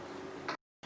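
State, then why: Seated. A film leader retriever, inserted into the slot of a 35mm film canister with its first tongue pushed forward, is turned anti-clockwise against a steady low background noise. A single short tick sounds at 0.5 s as the tongue catches the film leader inside the canister. The sound then drops to silence briefly before the background noise returns.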